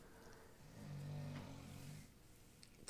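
A single low, rumbling, buzzy sound lasts about a second against quiet room noise: one snore from a sleeping puppy of about 20 pounds. It sounds surprisingly deep and loud for a young dog.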